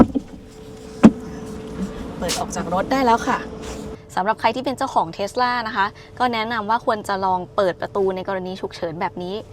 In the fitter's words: When you hear a click, push the door open. Let's pull it now.